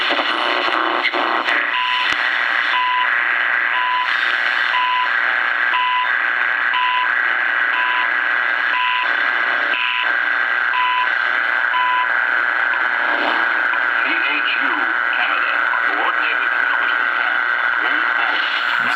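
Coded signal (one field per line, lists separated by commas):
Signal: radio time signal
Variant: CHU Canada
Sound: short 1 kHz beeps once a second for about ten seconds, then hiss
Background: radio static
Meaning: Each tick marks one second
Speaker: 3.3 megahertz CHU Canada time signal.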